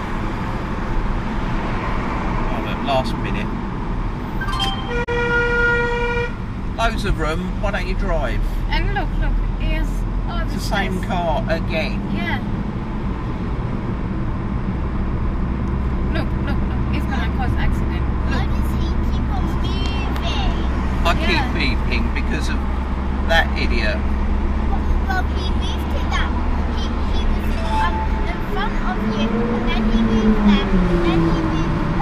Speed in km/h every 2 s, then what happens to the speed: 58, 44, 31, 29, 34, 42, 52, 55, 56, 55, 53, 56, 60, 63, 64, 66.
0-6 brakes to 29. 6-13 speeds up to 55. 13-21 steady at about 55. 21-32 speeds up to 66.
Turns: none.